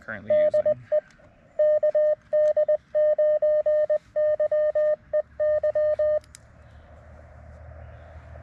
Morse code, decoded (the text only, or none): DE KD9YEY